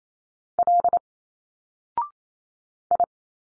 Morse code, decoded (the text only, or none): L I